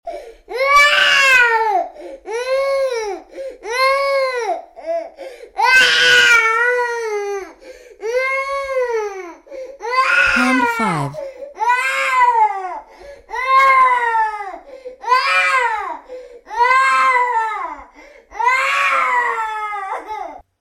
Sad baby crying.